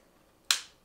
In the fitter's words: this bad boy clicks right there heard the click